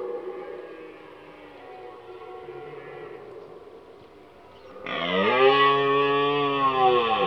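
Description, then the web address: Deer calls: a fainter drawn-out bellow early on, then a loud, sustained harmonic bellow running to the end. "Cerf. album abc-de-la-nature"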